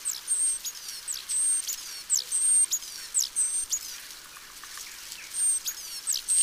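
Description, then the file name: Great tit calls: high, thin whistled notes and steep downward slurs in loose sequence, about one per second, over faint background hiss. "Parus major"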